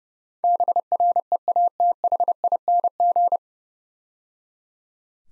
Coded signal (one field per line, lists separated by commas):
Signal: Morse code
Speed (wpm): 31 wpm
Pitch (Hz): 700 Hz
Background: none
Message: BREATHING